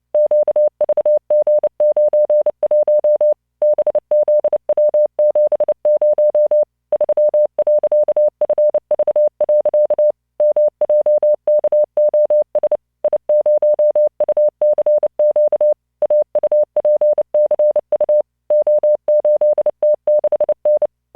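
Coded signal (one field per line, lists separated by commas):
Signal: Morse code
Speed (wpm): 29 wpm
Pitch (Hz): 600 Hz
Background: none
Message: QVG91 BZW70 3.FV. MJKOS I0UCQ AUPCU O8T6N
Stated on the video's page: Morse practice generated by LearningMorse software at 29 WPM, 600 Hz tone, standard three-dot spacing.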